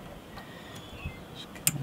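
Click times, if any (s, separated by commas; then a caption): 1.7 s. The positive MC4 connector on a solar panel main line is pushed together with its mating MC4 connector on the lead to the combiner. Over a low, steady background, a sharp click comes at 1.7 s, with faint ticks just before and after. The connector seats and locks in.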